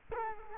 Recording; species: mosquito wingbeat signal from an infrared sensor; Culex quinquefasciatus